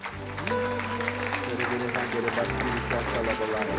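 A church audience at a morning service in Lisbon applauds God, clapping steadily and continuously for the whole stretch, a dense crackling wash layered over sustained, held keyboard chords that shift pitch partway through.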